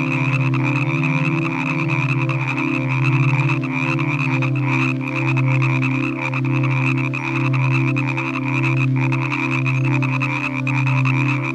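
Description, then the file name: Frog croaks, deep and rounded, repeated in slow succession, with a constant buzzing frog chorus behind. "Nature Collection - Croak Frog Calls"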